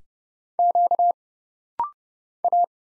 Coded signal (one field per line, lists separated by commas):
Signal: Morse code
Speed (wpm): 30 wpm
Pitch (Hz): 700 Hz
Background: none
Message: Q A